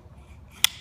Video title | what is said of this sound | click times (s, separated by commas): #8 Uncle LEE | and then you can move the guard where you need need it and then locks in place | 0.6 s